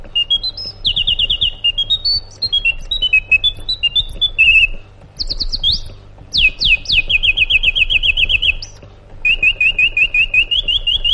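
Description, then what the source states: Sooty-headed bulbul in full song: clear whistled notes climbing and falling, a few sharp sweeping calls, then long fast trills of repeated chirps, with a faint low background hum. Sooty-headed bulbul called by its Indonesian name kutilang, described as gacor, meaning singing vigorously and continuously.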